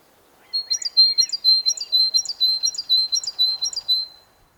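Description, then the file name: Great tit calling in a fast repeated series of high, sharp notes, roughly seven rhythmic phrases over about four seconds, each note dropping onto a steady high tone. "Parus major"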